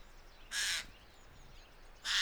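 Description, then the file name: Eurasian jay with two hoarse, rasping screeches about one and a half seconds apart. "Garrulus glandarius"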